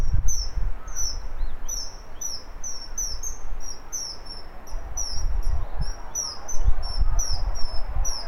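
Bird calls: thin, very high down-slurred chirps given in quick succession throughout, over low rumbling background noise.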